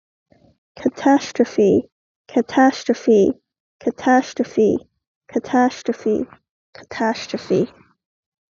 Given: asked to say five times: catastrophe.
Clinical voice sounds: repeated word; female; 20 to 29 years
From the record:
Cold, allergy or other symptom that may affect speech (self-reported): no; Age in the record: 22 years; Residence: Pennsylvania, United States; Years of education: 16

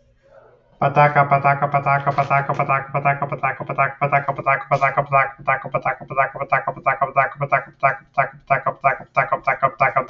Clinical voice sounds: repeated syllables /pa ta ka/; male; 40 to 49 years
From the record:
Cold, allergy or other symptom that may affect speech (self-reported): no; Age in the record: 41 years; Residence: Florida, United States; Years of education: 18

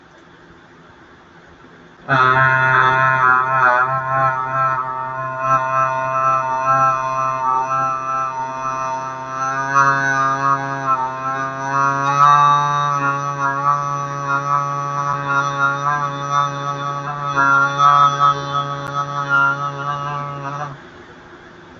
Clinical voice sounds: vowel held as long as possible; male; 20 to 29 years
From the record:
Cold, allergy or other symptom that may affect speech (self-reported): no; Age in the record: 21 years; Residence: Wyoming, United States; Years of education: 16

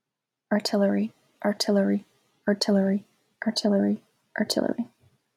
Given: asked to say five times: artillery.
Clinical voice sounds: repeated word; female; 20 to 29 years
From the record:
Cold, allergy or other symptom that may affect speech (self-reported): no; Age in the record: 23 years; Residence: Connecticut, United States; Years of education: 16

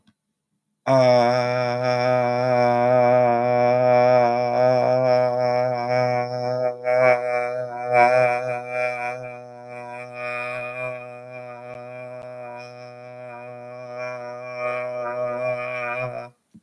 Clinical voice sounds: vowel held as long as possible; male; 40 to 49 years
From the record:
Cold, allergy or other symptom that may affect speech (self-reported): no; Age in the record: 41 years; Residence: Maryland, United States

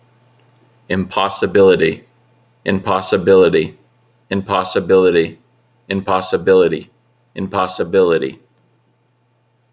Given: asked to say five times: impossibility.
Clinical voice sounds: repeated word; male; 30 to 39 years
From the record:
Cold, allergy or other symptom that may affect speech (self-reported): no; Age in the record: 34 years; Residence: California, United States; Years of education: 12

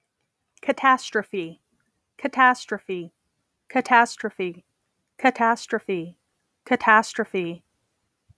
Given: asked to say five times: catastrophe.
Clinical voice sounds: repeated word; female; 30 to 39 years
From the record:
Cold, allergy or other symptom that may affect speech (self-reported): no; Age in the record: 34 years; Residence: Nevada, United States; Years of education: 16

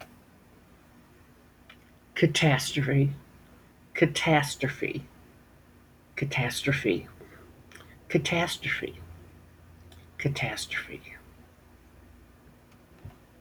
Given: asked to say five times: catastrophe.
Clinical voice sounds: repeated word; female; 60 to 69 years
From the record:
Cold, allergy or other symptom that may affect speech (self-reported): no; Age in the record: 63 years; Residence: Virginia, United States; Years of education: 18

